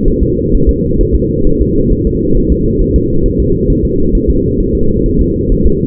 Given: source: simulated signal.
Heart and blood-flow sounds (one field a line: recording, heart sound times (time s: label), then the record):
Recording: fetal heart sounds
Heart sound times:
0.08 s: S1
0.23 s: S2
0.55 s: S1
0.69 s: S2
1.01 s: S1
1.15 s: S2
1.47 s: S1
1.61 s: S2
1.92 s: S1
2.07 s: S2
2.37 s: S1
2.52 s: S2
2.81 s: S1
2.96 s: S2
3.26 s: S1
3.40 s: S2
3.70 s: S1
3.85 s: S2
4.15 s: S1
4.30 s: S2
4.60 s: S1
4.75 s: S2
5.06 s: S1
5.21 s: S2
5.52 s: S1
5.66 s: S2
From the record:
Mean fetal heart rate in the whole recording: 130 bpm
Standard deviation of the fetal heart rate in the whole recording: 4 bpm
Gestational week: 38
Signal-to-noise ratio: -16.4 dB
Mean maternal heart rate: 72 bpm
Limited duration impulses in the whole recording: present